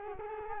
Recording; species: mosquito wingbeat signal from an infrared sensor; Culex quinquefasciatus